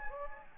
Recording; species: mosquito wingbeat signal from an infrared sensor; Anopheles gambiae